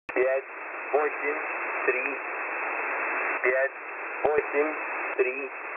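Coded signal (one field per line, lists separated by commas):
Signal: numbers station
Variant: S06b Russian Man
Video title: S06b Russian Man 26/10/2022 1425 UTC 12203kHz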